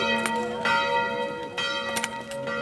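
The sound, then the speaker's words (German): A church bell rings the Angelus at 7 in the morning, its steady strokes overlapping in a rich, sustained hum of ringing overtones, with no voices present. “Das Angelus läuten früh um 7.”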